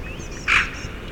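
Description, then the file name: Eurasian magpie giving a single short, harsh rasping note over a faint, steady background hiss. "Pica pica"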